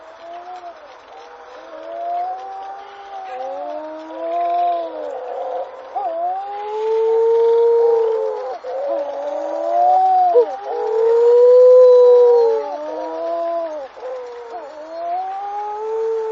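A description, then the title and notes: Wedge-tailed shearwaters moan and croon in overlapping, wavering calls, long rising and falling wails layered over one another throughout. The chorus is dense, swelling loudest between about seven and thirteen seconds, with a faint hiss of wind or surf underneath. Wedge - Tailed Shearwater.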